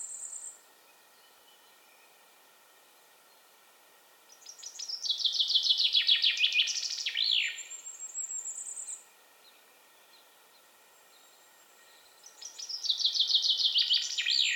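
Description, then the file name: Common chaffinch sings a falling run of bright notes with a terminal flourish, repeated after several seconds of quiet; a thin high trill is also heard between phrases. "Fringilla coelebs"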